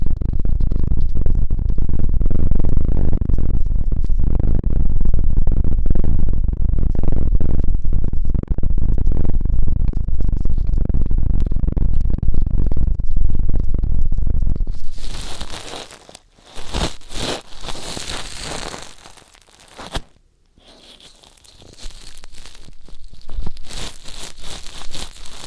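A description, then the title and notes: Ear cleaning with dense low rustling and scraping for fifteen seconds, then brighter crackly brushing strokes separated by short silences. ASMR Intense Electrifying Ear Cleaning (No Talking).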